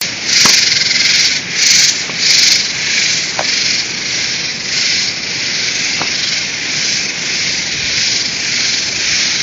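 Robust true katydid song, harsh buzzy pulses repeated in a steady rhythm of roughly one and a half per second, with a few faint ticks underneath.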